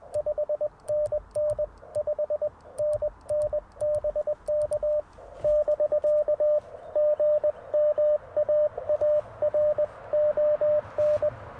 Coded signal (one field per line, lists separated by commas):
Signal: Morse code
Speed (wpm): 21 wpm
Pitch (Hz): 590 Hz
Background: radio noise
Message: 5NN 5NN BK <BK> GM AARON